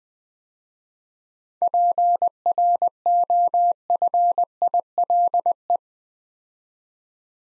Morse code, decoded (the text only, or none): PROFILE